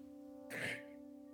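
A single short, harsh, honking burst of about a third of a second, rough and bark-like rather than a soft hack, over a steady low electrical hum. It is one honking cough from a cat that sounds like a dog barking; the cough comes and goes, not every day, and started after the household's dog died.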